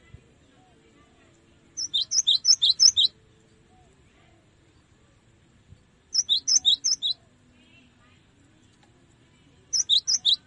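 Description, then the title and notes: Cinereous tit song: short bursts of several high, sharp two-pitched chirping notes, each about a second long, repeated every few seconds against a quiet background. Masteran training recording used to teach songbirds. "Masteran Gelatik Batu. burung gelatik"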